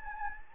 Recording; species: mosquito wingbeat signal from an infrared sensor; Anopheles gambiae